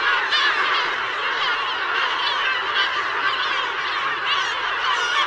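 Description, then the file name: A crowd of gulls calling continuously, harsh nasal cries and wailing notes layered over one another with no quiet gaps. "Gabbiano Reale"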